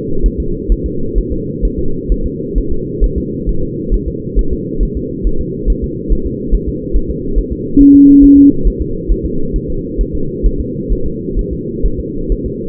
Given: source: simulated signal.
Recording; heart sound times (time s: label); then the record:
fetal heart sounds
0.26 s: S1
0.40 s: S2
0.72 s: S1
0.86 s: S2
1.18 s: S1
1.32 s: S2
1.65 s: S1
1.79 s: S2
2.12 s: S1
2.26 s: S2
2.58 s: S1
2.72 s: S2
3.04 s: S1
3.18 s: S2
3.49 s: S1
3.63 s: S2
3.94 s: S1
4.08 s: S2
4.39 s: S1
4.53 s: S2
4.83 s: S1
4.97 s: S2
5.27 s: S1
5.41 s: S2
5.70 s: S1
5.84 s: S2
6.12 s: S1
6.26 s: S2
6.54 s: S1
6.69 s: S2
6.96 s: S1
7.10 s: S2
7.38 s: S1
7.52 s: S2
7.81 s: S1
7.95 s: S2
8.24 s: S1
8.38 s: S2
8.67 s: S1
8.81 s: S2
9.12 s: S1
9.25 s: S2
9.56 s: S1
9.70 s: S2
10.01 s: S1
10.15 s: S2
10.46 s: S1
10.60 s: S2
10.92 s: S1
11.06 s: S2
11.39 s: S1
11.53 s: S2
11.85 s: S1
12.00 s: S2
12.32 s: S1
12.46 s: S2
From the record:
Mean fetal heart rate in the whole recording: 135 bpm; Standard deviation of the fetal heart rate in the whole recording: 3 bpm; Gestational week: 36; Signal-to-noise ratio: -8.1 dB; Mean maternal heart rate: 72 bpm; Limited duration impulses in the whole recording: present